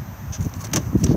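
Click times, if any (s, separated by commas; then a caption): 0.8 s, 1.0 s. A plastic winter cover is pushed onto the external fridge vent grille of a 2020 Elddis Majestic 185 motorhome, fitted for use in cold climates. Sharp snaps sound at 0.8 s and 1.0 s as the cover seats onto the vent.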